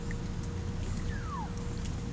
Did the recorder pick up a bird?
no